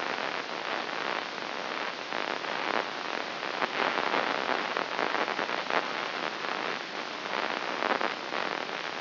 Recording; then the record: brain microelectrode recording played as sound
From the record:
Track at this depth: inside the subthalamic nucleus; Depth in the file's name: 4.121 mm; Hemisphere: left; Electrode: 3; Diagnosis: Parkinson's disease